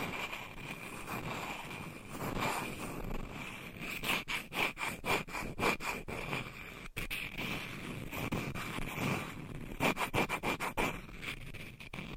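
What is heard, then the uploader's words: Long nails scratch and tap on dry pasta in a dense, crackly rustle that never quite stops. Quick runs of sharp, regular taps break through around four to six seconds and again near ten to twelve seconds. ASMR with Pasta Scratching - Tapping - Tracing Asmr No Talking for Sleep with Long Nails.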